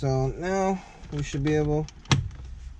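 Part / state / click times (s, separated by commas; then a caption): car radio head unit into dashboard / seated / 2.1 s. Someone talks as the reinstalled radio head unit of an Audi Q3 is pushed back into the dashboard opening during a reverse camera install. A sharp snap at 2.1 s marks the unit locking into place, seated.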